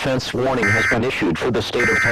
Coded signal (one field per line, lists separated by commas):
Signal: Emergency Alert System (SAME) tones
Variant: end-of-message bursts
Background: speech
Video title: EAS Scenario - Aliens Take Over Tennessee